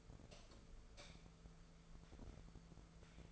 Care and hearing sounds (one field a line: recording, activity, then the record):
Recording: daily activity, microphone in the room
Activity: light off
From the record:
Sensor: 5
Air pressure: 1014.6 hPa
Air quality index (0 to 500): 152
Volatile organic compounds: 4 ppm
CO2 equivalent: 1676 ppm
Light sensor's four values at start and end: 201/485/204/224 and 200/480/202/222